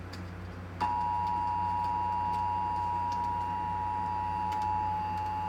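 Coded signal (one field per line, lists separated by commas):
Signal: Emergency Alert System (SAME) tones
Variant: 853 and 960 Hz attention tone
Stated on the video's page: Severe Thunderstorm Warning EAS alert received on a broadcast station.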